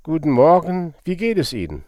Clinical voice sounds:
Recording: spoken sentence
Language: German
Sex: male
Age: 60 to 69 years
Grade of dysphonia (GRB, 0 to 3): 1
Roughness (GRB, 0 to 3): 0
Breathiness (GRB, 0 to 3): 0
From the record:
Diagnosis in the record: dysodia (singing voice disorder)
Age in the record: 69 years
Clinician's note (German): Zustand nach Struma-OP, dysplastischer Kehlkopf mit Ödemen, keine Rekurrensparese

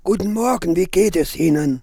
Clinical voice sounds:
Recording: spoken sentence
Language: German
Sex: male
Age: 60 to 69 years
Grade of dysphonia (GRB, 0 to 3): 3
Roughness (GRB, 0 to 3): 2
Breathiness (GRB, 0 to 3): 3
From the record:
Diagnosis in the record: frontolateral partial laryngectomy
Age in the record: 67 years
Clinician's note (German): Dysphonie bei Zustand danach

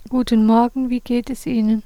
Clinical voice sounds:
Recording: spoken sentence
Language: German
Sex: female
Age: 30 to 39 years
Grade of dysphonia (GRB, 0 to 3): 0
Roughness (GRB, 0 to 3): 0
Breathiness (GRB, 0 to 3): 0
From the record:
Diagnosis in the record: psychogenic dysphonia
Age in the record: 38 years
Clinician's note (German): Funktionell

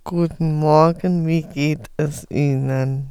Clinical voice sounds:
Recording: spoken sentence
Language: German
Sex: female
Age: 50 to 59 years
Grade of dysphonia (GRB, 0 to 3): 3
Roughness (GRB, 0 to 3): 2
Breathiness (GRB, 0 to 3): 3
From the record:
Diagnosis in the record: recurrent laryngeal nerve paralysis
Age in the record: 54 years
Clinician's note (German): Beidseitige

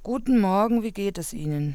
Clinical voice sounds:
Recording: spoken sentence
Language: German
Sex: female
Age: 40 to 49 years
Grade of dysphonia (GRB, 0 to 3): 1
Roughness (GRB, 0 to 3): 1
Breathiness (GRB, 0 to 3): 1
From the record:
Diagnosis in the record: Reinke's edema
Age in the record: 43 years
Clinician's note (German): Beidseitig, gering ausgeprägt mit unregelmäßigem Schwingungsbild

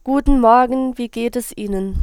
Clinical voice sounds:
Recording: spoken sentence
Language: German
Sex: female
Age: 20 to 29 years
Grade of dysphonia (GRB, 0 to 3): 0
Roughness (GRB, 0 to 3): 0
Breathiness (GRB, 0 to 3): 0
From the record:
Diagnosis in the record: healthy voice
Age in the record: 22 years

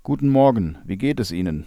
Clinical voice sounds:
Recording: spoken sentence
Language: German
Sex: male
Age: 40 to 49 years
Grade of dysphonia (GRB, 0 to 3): 0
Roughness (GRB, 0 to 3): 0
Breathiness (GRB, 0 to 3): 0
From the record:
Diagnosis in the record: healthy voice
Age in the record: 45 years

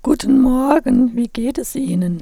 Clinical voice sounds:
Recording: spoken sentence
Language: German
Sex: female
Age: 60 to 69 years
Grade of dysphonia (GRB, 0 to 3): 3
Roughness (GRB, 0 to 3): 3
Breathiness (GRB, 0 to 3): 2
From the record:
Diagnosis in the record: recurrent laryngeal nerve paralysis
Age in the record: 61 years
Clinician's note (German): Frische mit unvollständiger hyperfunktioneller Kompensation nach Elektrotherapie

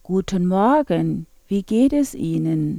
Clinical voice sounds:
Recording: spoken sentence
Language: German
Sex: female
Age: 40 to 49 years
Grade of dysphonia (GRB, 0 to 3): 1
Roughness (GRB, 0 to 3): 0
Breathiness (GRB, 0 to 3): 1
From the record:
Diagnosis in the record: hyperfunctional dysphonia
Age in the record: 47 years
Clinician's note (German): Ponogen

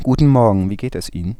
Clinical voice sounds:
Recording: spoken sentence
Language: German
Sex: male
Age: 20 to 29 years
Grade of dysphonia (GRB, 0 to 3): 0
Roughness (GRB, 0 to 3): 0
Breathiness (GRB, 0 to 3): 0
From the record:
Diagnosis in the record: healthy voice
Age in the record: 27 years

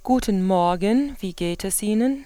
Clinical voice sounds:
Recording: spoken sentence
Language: German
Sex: female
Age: 50 to 59 years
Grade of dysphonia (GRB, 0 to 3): 2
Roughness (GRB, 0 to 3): 2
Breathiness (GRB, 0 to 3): 2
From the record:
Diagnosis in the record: dysodia (singing voice disorder)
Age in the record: 50 years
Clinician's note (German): Ausgebildete Gesangsstimme

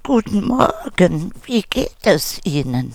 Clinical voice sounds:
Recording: spoken sentence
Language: German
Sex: female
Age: 60 to 69 years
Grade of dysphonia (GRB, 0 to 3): 2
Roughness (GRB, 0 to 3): 2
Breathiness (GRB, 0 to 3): 0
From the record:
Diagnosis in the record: psychogenic dysphonia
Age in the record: 64 years

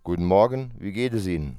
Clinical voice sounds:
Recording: spoken sentence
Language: German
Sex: male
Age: 40 to 49 years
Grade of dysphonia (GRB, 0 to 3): 0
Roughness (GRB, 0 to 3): 0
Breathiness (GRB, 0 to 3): 0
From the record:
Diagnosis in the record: healthy voice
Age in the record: 44 years

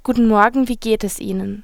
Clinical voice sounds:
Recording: spoken sentence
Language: German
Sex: female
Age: 20 to 29 years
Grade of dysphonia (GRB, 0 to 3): 0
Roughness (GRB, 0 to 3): 0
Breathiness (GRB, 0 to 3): 0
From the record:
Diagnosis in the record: healthy voice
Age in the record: 20 years

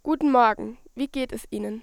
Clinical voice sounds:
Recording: spoken sentence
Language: German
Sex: female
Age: 18 to 19 years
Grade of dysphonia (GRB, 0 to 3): 0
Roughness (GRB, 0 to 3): 0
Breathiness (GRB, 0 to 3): 0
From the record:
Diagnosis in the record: healthy voice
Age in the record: 19 years

